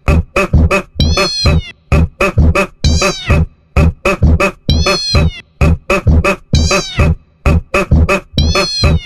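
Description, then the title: Cat's long, quavering meows recur roughly every two seconds, set among rapid, regular short bursts in a looping, edited sequence. Sound meant to provoke a reaction from a pet cat; saved on a mobile phone. "Coloque esse áudio e veja a reação do seu gato"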